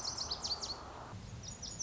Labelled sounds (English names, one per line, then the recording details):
Lazuli Bunting
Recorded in Sonoma County, California